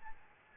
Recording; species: mosquito wingbeat signal from an infrared sensor; Aedes albopictus